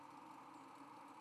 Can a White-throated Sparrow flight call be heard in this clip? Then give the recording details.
no. Another species' flight call is heard. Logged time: 02:07 on 31 October 2014